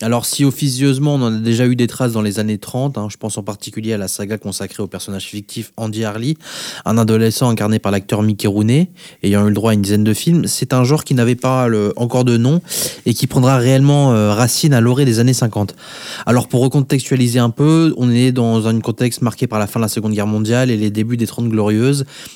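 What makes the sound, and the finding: Adult male speaker. Typical speech.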